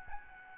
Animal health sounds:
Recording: mosquito wingbeat signal from an infrared sensor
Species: Aedes albopictus

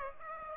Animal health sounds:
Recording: mosquito wingbeat signal from an infrared sensor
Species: Aedes aegypti

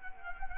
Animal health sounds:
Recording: mosquito wingbeat signal from an infrared sensor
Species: Culex quinquefasciatus

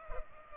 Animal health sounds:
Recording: mosquito wingbeat signal from an infrared sensor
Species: Culex pipiens

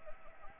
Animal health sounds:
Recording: mosquito wingbeat signal from an infrared sensor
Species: Anopheles arabiensis

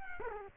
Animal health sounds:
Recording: mosquito wingbeat signal from an infrared sensor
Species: Culex quinquefasciatus

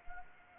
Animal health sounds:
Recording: mosquito wingbeat signal from an infrared sensor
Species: Anopheles arabiensis

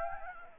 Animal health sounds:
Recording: mosquito wingbeat signal from an infrared sensor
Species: Anopheles gambiae

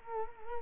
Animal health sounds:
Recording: mosquito wingbeat signal from an infrared sensor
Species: Culex quinquefasciatus

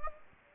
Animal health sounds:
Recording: mosquito wingbeat signal from an infrared sensor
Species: Anopheles gambiae

